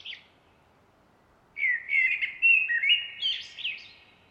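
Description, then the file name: Common blackbird song: a brief high note, a pause, then a fluted, warbling phrase ending in squeaky, higher twittering notes. "Turdus merula"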